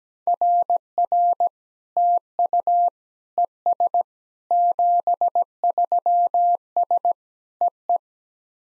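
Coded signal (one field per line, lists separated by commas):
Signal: Morse code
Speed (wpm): 17 wpm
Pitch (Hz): 700 Hz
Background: none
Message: RR TU ES 73S EE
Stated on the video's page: Simulated SOTA Morse exchanges at 17 wpm, each sent in Morse, spoken, then sent again in Morse.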